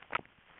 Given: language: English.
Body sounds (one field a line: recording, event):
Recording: throat vibration sensor signal played as sound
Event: swallow